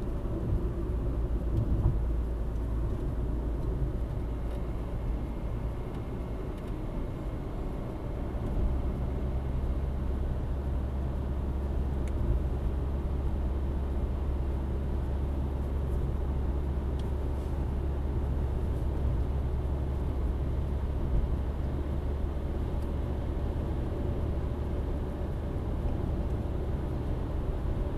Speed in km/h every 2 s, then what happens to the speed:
61, 59, 64, 69, 72, 72, 72, 73, 73, 73, 74, 75, 77, 77.
3-8 speeds up to 72. 8-28 steady at about 73.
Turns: none.